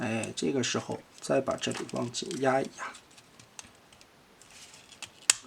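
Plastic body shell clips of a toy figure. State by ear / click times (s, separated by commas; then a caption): seated / 5.3 s. Someone talks while pressing the plastic body shell halves of an assembled collectible toy figure tightly together, with a few faint ticks of handling in between. A sharp snap at 5.3 s marks the shell clips closing, and the halves are clipped shut.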